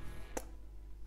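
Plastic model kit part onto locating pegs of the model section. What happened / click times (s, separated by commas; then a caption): The plastic part snapped into place / 0.4 s. A plastic part of a Millennium Falcon scale-model kit is lined up on its locating pegs and holes on the model section, then pressed home. One sharp click sounds at 0.4 s over a low background hum, and the part seats and fits together perfectly.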